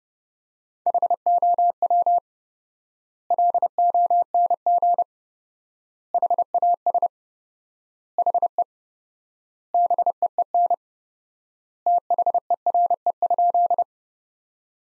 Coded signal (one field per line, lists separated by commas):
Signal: Morse code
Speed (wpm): 30 wpm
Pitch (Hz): 700 Hz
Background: none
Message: HOW LONG HAS HE BEEN THERE?